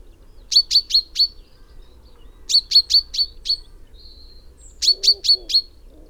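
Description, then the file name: Common chaffinch calling in bright bursts of four or five rapid high notes, each burst separated by a short pause, with faint low background noise. "Fringilla coelebs"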